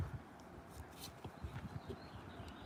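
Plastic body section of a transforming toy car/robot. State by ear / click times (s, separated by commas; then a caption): not seated / none. A plastic body section of a transforming toy car/robot is handled during conversion, with quiet rubbing and a small sharp tap at about 1.3 s among faint low handling noises. The section is being pushed forward to snap into place, but it has not seated or clicked yet.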